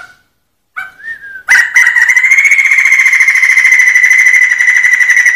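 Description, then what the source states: Sumatran laughingthrush giving a short rising whistle, then a long, steady, rolling trilled song held for several seconds without a break. Sumatran crested laughingthrush singing in the 'ngerol' style, a continuous rolling song, described as special.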